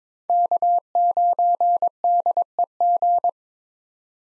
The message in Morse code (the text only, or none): K9DEG